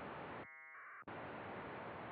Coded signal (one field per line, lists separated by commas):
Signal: packet radio (AX.25, as in APRS)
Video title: "Sound Modem TNC for VHF Packet in Winlink Express" (See new mode in notes)